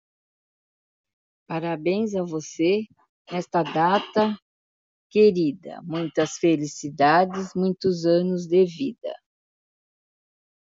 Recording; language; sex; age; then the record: short text; Brazilian Portuguese; female; 60 to 69 years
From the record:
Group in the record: control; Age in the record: 68 years